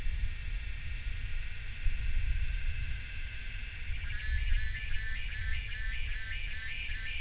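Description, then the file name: Cicadas: steady high buzzing in regular bursts, joined midway by a faster rhythmic rattling chorus, all over a heavy low rumble. Cicadas calling during thunder. "AMB CICADAS THUNDER"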